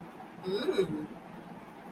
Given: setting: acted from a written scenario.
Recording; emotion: vocal sound without words; desire